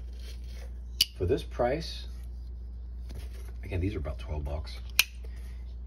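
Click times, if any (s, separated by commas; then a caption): 5.0 s. Someone talks while a folding pocket knife with Micarta handles is handled; a sharp click sounds at 1.0 s. At 5.0 s the blade, opened all the way, snaps into place with a crisp click and locks solid into the lock in its handle.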